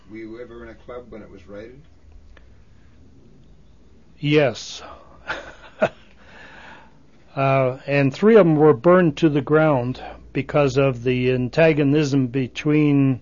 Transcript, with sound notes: Were you ever in a club when it was raided?
Yes. (He laughs.) Uh, and three of them were burned to the ground because of the antagonism between